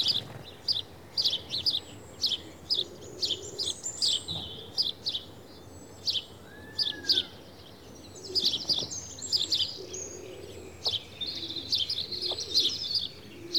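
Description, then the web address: House sparrow chirps, bright repeated cheeps coming in clusters and spaced singles throughout. "BBC Sound Effects Library. House Sparrow (Passer Domesticus)"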